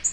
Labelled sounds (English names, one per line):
Nashville Warbler flight call